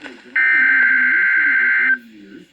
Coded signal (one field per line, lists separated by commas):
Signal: Emergency Alert System (SAME) tones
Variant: header bursts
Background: speech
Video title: EAS Compilation - 6 Severe Weather Warnings in Under 8 Minutes!